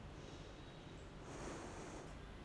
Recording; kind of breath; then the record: one breath in and out by a microphone near the nose and mouth; normal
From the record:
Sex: female